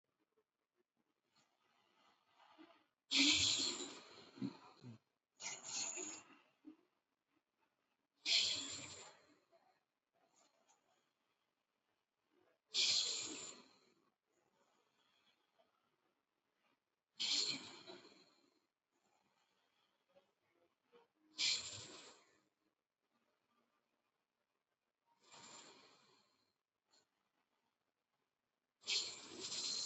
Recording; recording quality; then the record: deep breathing; excellent, no background noise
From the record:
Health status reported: healthy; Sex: male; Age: 54 years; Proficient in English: yes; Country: India